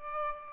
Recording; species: mosquito wingbeat signal from an infrared sensor; Aedes albopictus